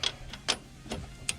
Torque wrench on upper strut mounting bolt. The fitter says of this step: you can hear that click already don't